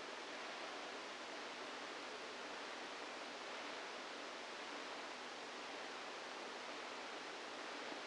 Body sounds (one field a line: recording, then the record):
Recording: brain microelectrode recording played as sound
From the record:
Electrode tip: outside the subthalamic nucleus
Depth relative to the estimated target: 2 mm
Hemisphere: right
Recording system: NeuroSet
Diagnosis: Parkinson's disease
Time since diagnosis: 7 years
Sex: female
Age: 68 years